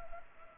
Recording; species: mosquito wingbeat signal from an infrared sensor; Culex pipiens